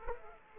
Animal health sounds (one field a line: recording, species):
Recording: mosquito wingbeat signal from an infrared sensor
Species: Aedes aegypti